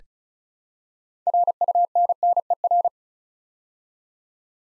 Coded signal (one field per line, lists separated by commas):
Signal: Morse code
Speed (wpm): 36 wpm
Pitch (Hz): 700 Hz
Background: none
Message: RUNNER